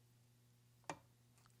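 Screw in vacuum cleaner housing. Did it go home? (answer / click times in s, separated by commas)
yes / 0.9 s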